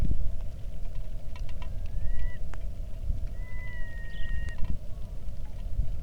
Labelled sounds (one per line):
songbird
waterfowl
loon
wind
rain